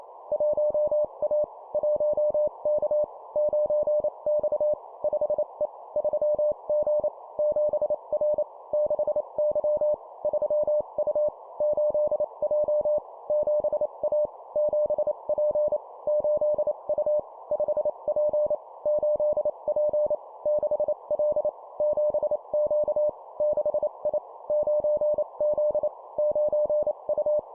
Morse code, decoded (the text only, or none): 1A 1K 9X 5E 3G 7R 6Y 3U 8J 7A 7P 8U 5P 8P 6L 7Q 6I 9Z 9U